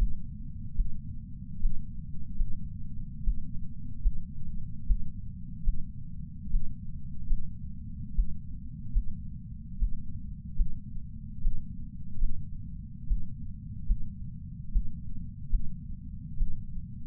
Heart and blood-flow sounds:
heart sounds by patch sensor on the chest; 73 bpm
0.75 s: heartbeat
1.61 s: heartbeat
2.36 s: heartbeat
3.23 s: heartbeat
4.02 s: heartbeat
4.86 s: heartbeat
5.64 s: heartbeat
6.51 s: heartbeat
7.27 s: heartbeat
8.14 s: heartbeat
8.92 s: heartbeat
9.78 s: heartbeat
10.56 s: heartbeat
11.42 s: heartbeat
12.18 s: heartbeat
13.07 s: heartbeat
13.86 s: heartbeat
14.72 s: heartbeat
15.50 s: heartbeat
16.37 s: heartbeat
From the record:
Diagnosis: coronary artery disease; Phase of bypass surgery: preoperative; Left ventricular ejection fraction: 64%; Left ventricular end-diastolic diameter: 54 mm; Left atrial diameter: 40 mm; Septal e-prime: 6.2 cm/s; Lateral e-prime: 8 cm/s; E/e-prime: 10.7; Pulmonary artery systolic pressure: 24 mmHg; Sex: male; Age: 75 years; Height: 178 cm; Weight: 85 kg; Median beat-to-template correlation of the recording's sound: 0.83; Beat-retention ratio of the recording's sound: 0.94

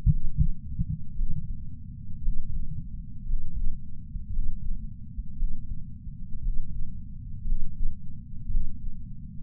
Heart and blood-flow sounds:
heart sounds by patch sensor on the chest; 57 bpm
0.06 s: heartbeat
1.12 s: heartbeat
2.19 s: heartbeat
3.24 s: heartbeat
4.28 s: heartbeat
5.33 s: heartbeat
6.39 s: heartbeat
7.43 s: heartbeat
8.46 s: heartbeat
From the record:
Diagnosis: coronary artery disease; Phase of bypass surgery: postoperative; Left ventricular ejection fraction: 61.7%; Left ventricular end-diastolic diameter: 51 mm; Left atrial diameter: 37 mm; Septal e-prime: 6.5 cm/s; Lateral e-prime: 9.2 cm/s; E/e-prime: 11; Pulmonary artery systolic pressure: 22 mmHg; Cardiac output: 4.8 L/min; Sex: male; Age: 59 years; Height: 168 cm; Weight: 81 kg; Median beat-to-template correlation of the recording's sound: 0.85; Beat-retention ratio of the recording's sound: 1.00

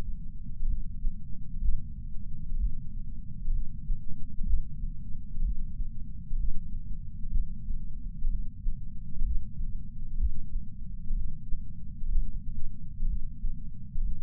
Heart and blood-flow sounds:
heart sounds by patch sensor on the chest; 63 bpm
0.66 s: heartbeat
1.60 s: heartbeat
2.56 s: heartbeat
3.51 s: heartbeat
4.45 s: heartbeat
5.41 s: heartbeat
6.36 s: heartbeat
7.30 s: heartbeat
8.28 s: heartbeat
9.23 s: heartbeat
10.17 s: heartbeat
11.14 s: heartbeat
12.08 s: heartbeat
13.06 s: heartbeat
14.01 s: heartbeat
From the record:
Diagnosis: coronary artery disease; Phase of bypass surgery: postoperative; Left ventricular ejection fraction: 68.2%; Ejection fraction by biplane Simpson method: 62.7%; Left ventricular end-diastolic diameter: 48 mm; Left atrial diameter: 40 mm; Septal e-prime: 8.6 cm/s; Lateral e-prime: 10.2 cm/s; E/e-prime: 10.9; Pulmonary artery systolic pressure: 38 mmHg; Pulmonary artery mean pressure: 18 mmHg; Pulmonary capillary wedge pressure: 11 mmHg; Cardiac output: 6.45 L/min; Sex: male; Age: 57 years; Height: 175 cm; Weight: 80 kg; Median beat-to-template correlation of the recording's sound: 0.76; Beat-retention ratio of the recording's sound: 0.99

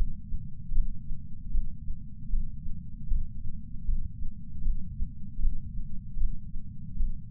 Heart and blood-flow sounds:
heart sounds by patch sensor on the chest; 77 bpm
0.72 s: heartbeat
1.50 s: heartbeat
2.29 s: heartbeat
3.07 s: heartbeat
3.84 s: heartbeat
4.62 s: heartbeat
5.39 s: heartbeat
6.17 s: heartbeat
6.96 s: heartbeat
From the record:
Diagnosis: coronary artery disease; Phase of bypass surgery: intraoperative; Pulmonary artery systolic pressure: 27 mmHg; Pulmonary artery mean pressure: 19 mmHg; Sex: male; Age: 74 years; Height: 170 cm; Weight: 75 kg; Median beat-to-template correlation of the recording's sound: 0.89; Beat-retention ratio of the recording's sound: 0.97

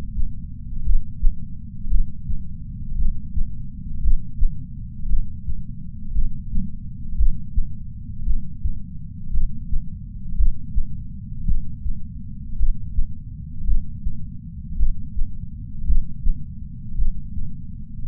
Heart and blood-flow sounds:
heart sounds by patch sensor on the chest; 56 bpm
0.84 s: heartbeat
1.89 s: heartbeat
2.96 s: heartbeat
4.02 s: heartbeat
5.08 s: heartbeat
6.13 s: heartbeat
7.17 s: heartbeat
8.25 s: heartbeat
9.32 s: heartbeat
10.37 s: heartbeat
11.46 s: heartbeat
12.57 s: heartbeat
13.66 s: heartbeat
14.77 s: heartbeat
15.86 s: heartbeat
16.96 s: heartbeat
18.07 s: heartbeat
From the record:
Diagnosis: coronary artery disease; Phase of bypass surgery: preoperative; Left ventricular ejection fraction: 63.3%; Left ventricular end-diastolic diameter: 44 mm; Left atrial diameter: 35 mm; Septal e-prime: 7 cm/s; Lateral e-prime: 10.5 cm/s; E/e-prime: 9.8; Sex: female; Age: 68 years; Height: 161 cm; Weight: 66.6 kg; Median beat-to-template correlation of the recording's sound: 0.94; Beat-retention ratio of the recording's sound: 0.99

